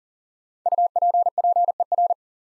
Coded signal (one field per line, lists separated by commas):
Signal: Morse code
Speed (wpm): 40 wpm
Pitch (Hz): 700 Hz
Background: none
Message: UPPER